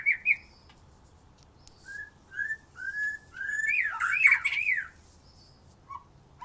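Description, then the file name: White-rumped shama song: sparse whistled phrases, short slurred notes near the middle pitch, then a loud burst of tangled rich notes and a few faint notes after pauses. "murai batu"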